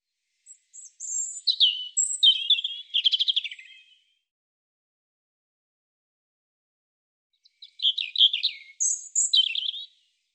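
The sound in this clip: European robin song: a rapid, high, tinkling phrase of thin whistles and trills lasting about three seconds, then a long silence and a second phrase near the end.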